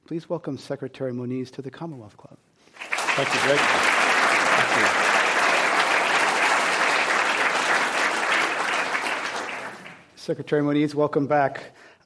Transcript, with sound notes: Please welcome Secretary Moniz to the Commonwealth Club.
[Applause]
Thank you Greg. Thank you.
Secretary Moniz welcome back.